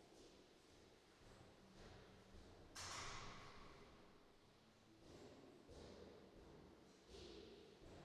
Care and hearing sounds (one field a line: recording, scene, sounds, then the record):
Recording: everyday scene through a hearing-aid microphone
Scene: reverberant space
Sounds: background noise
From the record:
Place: staircase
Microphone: in the ear canal, right